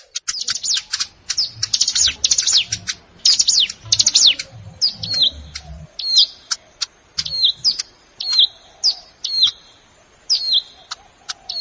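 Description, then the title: Plain prinia singing: rapid high chatter for several seconds, then a steady series of clipped downslurred notes with sharp clicks between them. Recorded in a rice field (sawah). "Ciblek Sawah"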